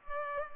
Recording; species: mosquito wingbeat signal from an infrared sensor; Culex pipiens